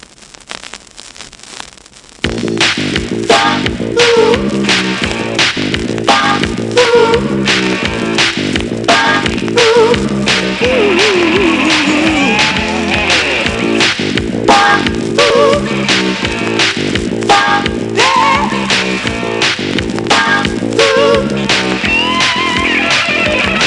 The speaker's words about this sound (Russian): Пластиночка уже шипит, трещит.